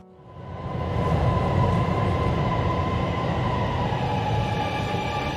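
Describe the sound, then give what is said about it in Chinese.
A Beijing subway train running: a heavy, steady roar and rumble that swells up over the first second, then holds constant with a faint high whine riding on top. No voices. “到了1969年10月1日， 北京地铁一期工程建成通车，从而结束了中国没有地铁的历史。”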